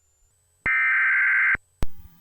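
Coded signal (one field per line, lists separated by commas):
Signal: Emergency Alert System (SAME) tones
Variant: header bursts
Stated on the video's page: Parody remix of EAS tones, not a real alert.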